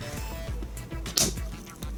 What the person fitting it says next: you hear that snap back in